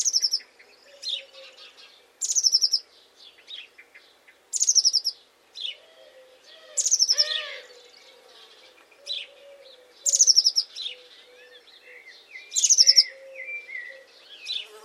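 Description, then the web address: Bird repeating high, buzzy chattering phrases about every two to three seconds, with softer short notes and faint lower warbles between. "cianscape birddata Deverinetal 2025 File origin Bird Only Cy Ca"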